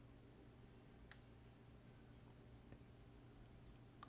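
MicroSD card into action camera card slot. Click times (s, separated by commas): 4.0 s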